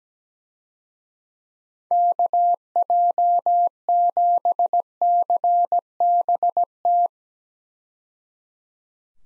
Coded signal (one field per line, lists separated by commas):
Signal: Morse code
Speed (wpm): 17 wpm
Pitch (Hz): 700 Hz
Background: none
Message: KJ7CBT